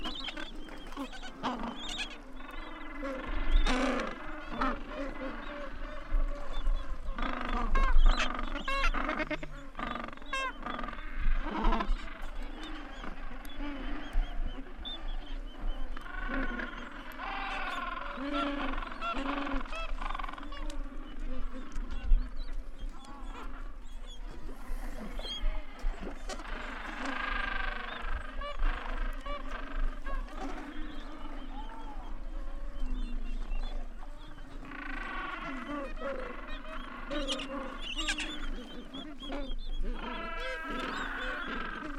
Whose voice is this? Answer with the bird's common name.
Gentoo Penguin